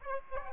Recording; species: mosquito wingbeat signal from an infrared sensor; Aedes aegypti